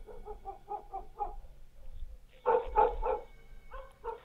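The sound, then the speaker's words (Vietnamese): A neighbour's dog barks in quick runs: a string of short, yappy barks, a pause, then a louder burst of three or four barks followed by a couple more. No one speaks. “Một nhà ba người đang ngồi trên hè nói chuyện thì bỗng nhiên con chó nhà hàng xóm, nó cứ sủa nhấm nha nhấm nhẳng. Thỉnh thoảng nó chu lên ông ổng, nghe đến quái dị.”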